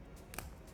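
An S Pen is pushed the reverse way round into the slim pen holder of a Galaxy Z Fold5 phone case. Two short, sharp clicks are heard at 0.3 s and 0.4 s as it goes in, and the pen is seated.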